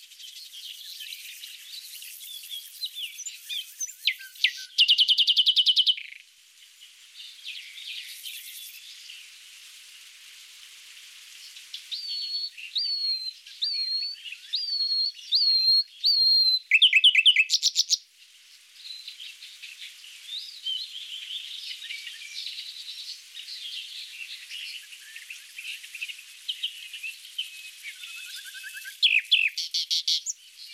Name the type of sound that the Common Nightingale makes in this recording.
song